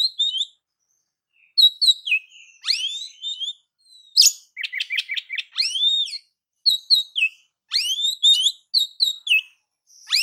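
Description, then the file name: Oriental magpie-robin song: varied whistled phrases, sweeping notes and a run of rapid repeated notes, bursts separated by short pauses, with no other sounds. "Suara Kacer"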